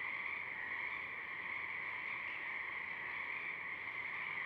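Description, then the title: Pacific chorus frogs in a dense, unbroken chorus, many overlapping trilling calls merging into a steady buzzing hum without breaks. A few Pacific chorus frogs singing at dusk, recorded through a parabolic reflector. "Pacific Chorus Frogs (Pseudacris regilla), dusk, Parabolic"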